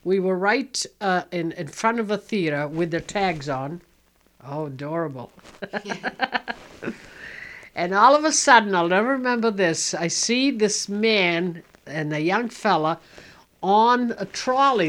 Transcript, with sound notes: We were right in front of the theater with the tags on. How adorable. ( she laughs ) And all of a sudden, I'll ever remember this, I see this man and a young fellow on a trolley.